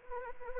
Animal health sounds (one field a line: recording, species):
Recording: mosquito wingbeat signal from an infrared sensor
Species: Anopheles arabiensis